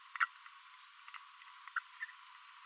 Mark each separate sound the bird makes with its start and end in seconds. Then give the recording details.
0.20-0.25, 1.76-1.79, 2.02-2.05. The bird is a female. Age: 30 days. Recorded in a nest box in Venezuela. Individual 17B42B1